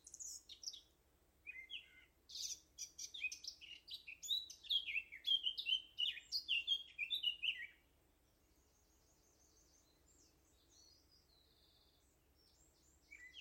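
Eurasian blackcap singing a fast, jumbled warble of chattering and fluty notes for about eight seconds, then near silence with a faint high trill.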